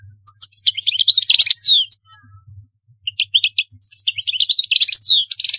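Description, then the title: European goldfinch singing two bursts of fast liquid twitters, chirps and buzzy trills, separated by a short pause, over a faint low hum. "Chant Chardonneret"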